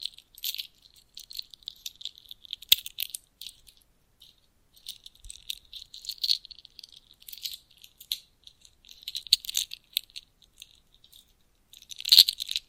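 Bracelets jingle and rattle in short, bright bursts of clinking metal, with small pauses between handlings. The jangling is thin and high with almost no low sound, and sharp knocks land near 3 seconds and again around 12 seconds, where the rattling grows loudest.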